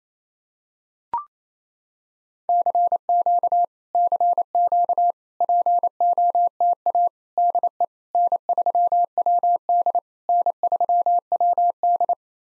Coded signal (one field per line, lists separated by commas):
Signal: Morse code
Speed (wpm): 28 wpm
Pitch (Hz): 700 Hz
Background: none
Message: CQ CQ POTA DE N3WD N3WD